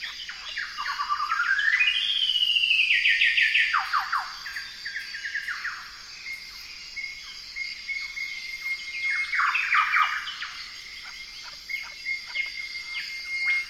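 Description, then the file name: Golden whistler song of rising whistled notes building to a loud, slowly falling whistle, followed by quick snapping down-slurs and a thin level whistle, over a continuous high insect drone. "golden whistler bird singing"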